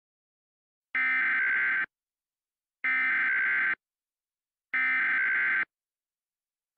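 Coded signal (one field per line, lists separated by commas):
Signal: Emergency Alert System (SAME) tones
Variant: header bursts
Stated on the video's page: Mock EAS alert recreating a real Alabama Civil Emergency Message issued during unusually heavy icing.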